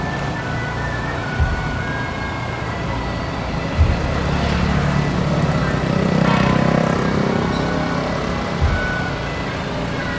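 A night procession passes a temple amid a steady low rumble of engines and crowd, with a few sharp knocks and a swell midway.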